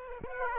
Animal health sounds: mosquito wingbeat signal from an infrared sensor; Aedes aegypti

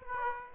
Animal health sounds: mosquito wingbeat signal from an infrared sensor; Aedes aegypti

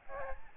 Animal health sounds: mosquito wingbeat signal from an infrared sensor; Aedes albopictus

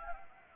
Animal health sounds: mosquito wingbeat signal from an infrared sensor; Anopheles arabiensis

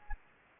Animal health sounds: mosquito wingbeat signal from an infrared sensor; Anopheles gambiae

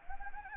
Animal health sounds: mosquito wingbeat signal from an infrared sensor; Anopheles gambiae

